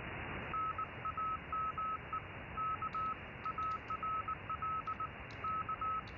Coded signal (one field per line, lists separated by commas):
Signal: Morse code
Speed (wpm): 19 wpm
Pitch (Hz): 1290 Hz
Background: none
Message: NAME KARL K